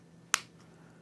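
A plastic wedge lock clip is pressed into a Deutsch wiring connector housing over the terminal pins on Harley handlebar wiring. It gives one sharp, loud snap at 0.3 s, and the connector is fully seated and assembled. No one talks during the clip.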